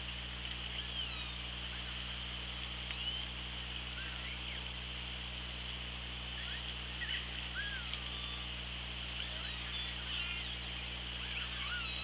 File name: Orca Lab UTLN JASON 20170824 163613 CP